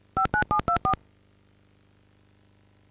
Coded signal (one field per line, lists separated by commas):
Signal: DTMF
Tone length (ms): 100 ms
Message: 59724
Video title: Dial Tone: (The Godfather) (CIC Video)